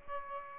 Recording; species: mosquito wingbeat signal from an infrared sensor; Aedes aegypti